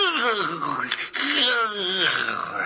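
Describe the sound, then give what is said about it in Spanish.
A loud, drawn-out voiced yawn on getting up in the morning, gliding in pitch with a moaning quality, held for nearly three seconds with a brief dip partway through. It sounds like a person vocalizing the yawn. “A la mañana siguiente, tras levantarse de su camita de tierra, bostezó ruidosamente.”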